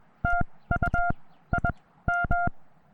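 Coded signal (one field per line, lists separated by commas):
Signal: Morse code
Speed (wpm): 22 wpm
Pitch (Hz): 700 Hz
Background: none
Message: T U I M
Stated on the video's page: Morse sent on an American Morse Mini-B paddle into a Penntek TR-35 transceiver with a BeeTenna VHF antenna during a Summits on the Air activation on a mountaintop.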